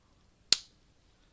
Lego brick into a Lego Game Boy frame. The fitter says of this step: snaps into place. So we've got that sort of connection.